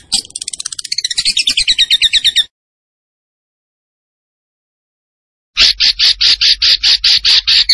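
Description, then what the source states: Zebra finch singing fast sweeping, warbled notes that slide into a steady series of pulsed chips, then a pause and another rapid, evenly repeated run of notes. Master recording for training cage birds.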